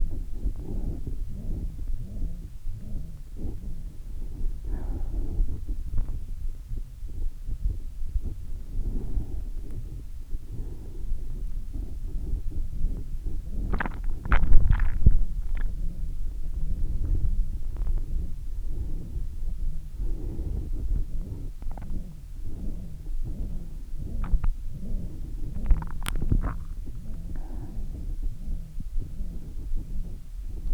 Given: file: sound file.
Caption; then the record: Audio file of pre-treatment ear canal signal from the no.6 VPT patient.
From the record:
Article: Pre-Treatment Objective Diagnosis and Post-Treatment Outcome Evaluation in Patients with Vascular Pulsatile Tinnitus Using Transcanal Recording and Spectro-Temporal Analysis